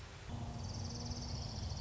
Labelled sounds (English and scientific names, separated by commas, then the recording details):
Orange-crowned Warbler (Leiothlypis celata)
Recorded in Sonoma County, California